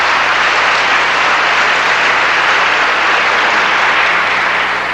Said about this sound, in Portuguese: Obrigado, porque obrigado por estar aplaudindo a minha vida.